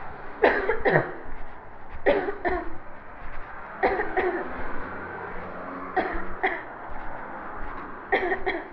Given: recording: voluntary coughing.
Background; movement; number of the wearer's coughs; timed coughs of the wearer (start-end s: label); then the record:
traffic; walking; 10
0.40-0.82 s: cough
0.82-1.05 s: cough
2.03-2.31 s: cough
2.42-2.64 s: cough
3.80-4.10 s: cough
4.14-4.49 s: cough
5.94-6.26 s: cough
6.41-6.68 s: cough
8.09-8.39 s: cough
8.44-8.71 s: cough
From the record:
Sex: female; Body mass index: 18.3 kg/m2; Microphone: on the chest, facing the body